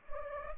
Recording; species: mosquito wingbeat signal from an infrared sensor; Culex pipiens